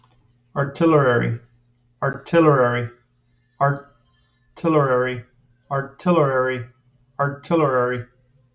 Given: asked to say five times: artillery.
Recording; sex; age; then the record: repeated word; male; 40 to 49 years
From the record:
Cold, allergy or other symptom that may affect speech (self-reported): no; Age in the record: 41 years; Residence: Florida, United States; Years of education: 18